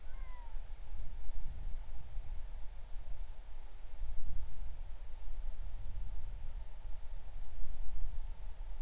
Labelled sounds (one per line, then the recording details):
bird
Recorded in the Arctic National Wildlife Refuge, Alaska, on 20 July 2019 at 03:01
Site 38